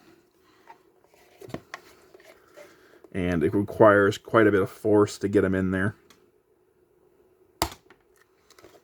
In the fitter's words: but you want to keep pushing until you hear it snap like you probably just did on the camera